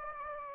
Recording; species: mosquito wingbeat signal from an infrared sensor; Anopheles gambiae